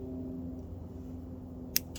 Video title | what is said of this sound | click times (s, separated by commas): How to clear windshield washer nozzle tube hose line from reservoir under hood 2020 Jeep Wrangler | it'll kind of click in place you'll know that it's right | 1.8 s